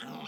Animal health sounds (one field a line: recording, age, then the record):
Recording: pig call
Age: piglet (1 to 25 days)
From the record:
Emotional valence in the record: negative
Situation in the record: long isolation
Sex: female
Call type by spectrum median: low-frequency call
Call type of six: mixed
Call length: 0.28 s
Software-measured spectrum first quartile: 396 Hz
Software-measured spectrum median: 1040 Hz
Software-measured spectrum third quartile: 2603 Hz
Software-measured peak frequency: 233 Hz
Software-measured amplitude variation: 78 dB a second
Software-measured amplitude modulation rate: 21.6 a second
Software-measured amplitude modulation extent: 3.6 dB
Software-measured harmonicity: 1.3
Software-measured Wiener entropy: -1.60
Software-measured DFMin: 985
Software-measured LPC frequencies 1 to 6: 756, 1472, 2583, 3363, 4588, 5468 Hz